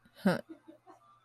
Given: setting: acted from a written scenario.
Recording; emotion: vocal sound without words; contentment